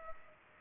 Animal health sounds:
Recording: mosquito wingbeat signal from an infrared sensor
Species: Culex pipiens

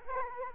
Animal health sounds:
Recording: mosquito wingbeat signal from an infrared sensor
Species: Culex quinquefasciatus

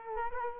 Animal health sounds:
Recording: mosquito wingbeat signal from an infrared sensor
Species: Culex quinquefasciatus

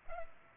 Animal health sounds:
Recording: mosquito wingbeat signal from an infrared sensor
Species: Culex pipiens

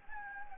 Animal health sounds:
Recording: mosquito wingbeat signal from an infrared sensor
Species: Anopheles gambiae

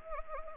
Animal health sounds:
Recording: mosquito wingbeat signal from an infrared sensor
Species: Anopheles arabiensis

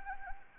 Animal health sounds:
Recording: mosquito wingbeat signal from an infrared sensor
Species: Anopheles gambiae

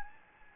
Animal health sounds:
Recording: mosquito wingbeat signal from an infrared sensor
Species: Anopheles gambiae

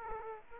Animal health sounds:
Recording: mosquito wingbeat signal from an infrared sensor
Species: Aedes aegypti

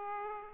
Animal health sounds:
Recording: mosquito wingbeat signal from an infrared sensor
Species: Aedes aegypti

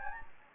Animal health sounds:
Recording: mosquito wingbeat signal from an infrared sensor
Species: Anopheles gambiae

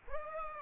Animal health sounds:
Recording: mosquito wingbeat signal from an infrared sensor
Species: Aedes aegypti

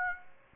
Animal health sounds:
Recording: mosquito wingbeat signal from an infrared sensor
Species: Aedes aegypti

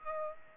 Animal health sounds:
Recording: mosquito wingbeat signal from an infrared sensor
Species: Aedes aegypti

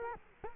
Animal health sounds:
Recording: mosquito wingbeat signal from an infrared sensor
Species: Culex quinquefasciatus

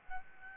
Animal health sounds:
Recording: mosquito wingbeat signal from an infrared sensor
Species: Aedes albopictus

